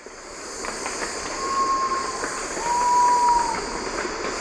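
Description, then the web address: Sapphire quail-dove song: two soft, level whistled coos, the second slightly lower and longer, over a constant high drone. Two birds singing, Eastern Lowlands of South America. "Natures Songs S America Eastern Lowlands Geotrygon saphirina, songs 2 birds"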